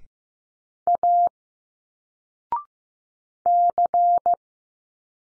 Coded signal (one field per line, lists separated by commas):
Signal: Morse code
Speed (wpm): 15 wpm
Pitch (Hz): 700 Hz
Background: none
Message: A C